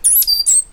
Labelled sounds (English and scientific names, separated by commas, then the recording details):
Stitchbird (Notiomystis cincta) song
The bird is a male
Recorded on Tiritiri Matangi Island, New Zealand, in 2005
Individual 8, of nest box 10